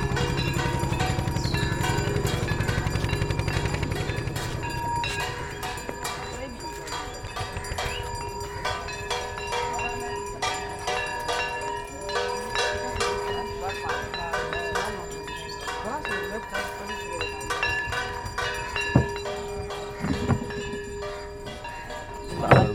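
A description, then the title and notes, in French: A boat moves along the Ganges past the ghats where pilgrims gather. A low rumble fills the first four seconds, then fades, leaving a steady ringing tone, scattered voices and frequent clattering, bell-like clicks, with a few sharp knocks near twenty seconds. Le jour se lève en Inde Il est 5 heures, Varanasi (Bénares) s'éveille. Comme chaque matin, les bateliers remontent le Gange. Ils longent les ghats, ces quais où les pèlerins viennent faire leurs offrandes au fleuve sacré. Travelling en barque, carte postale sonore.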